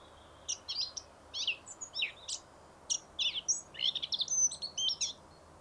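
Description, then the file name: Eurasian blackcap song: a rapid scratchy warble of mixed high notes that grows denser and louder toward the end, with a faint low hum beneath. "Sylvia atricapilla"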